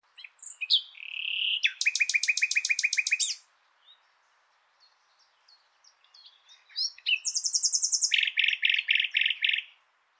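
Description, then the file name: Common nightingale song: two loud phrases of fast, rhythmic repeated notes, each introduced by soft varied chirps, with a quiet gap between. "Luscinia megarhynchos"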